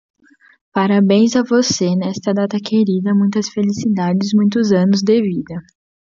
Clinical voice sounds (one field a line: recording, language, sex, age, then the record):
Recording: short text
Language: Brazilian Portuguese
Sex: female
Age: 20 to 29 years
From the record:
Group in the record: control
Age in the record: 20 years